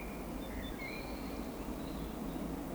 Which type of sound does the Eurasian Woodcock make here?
whistle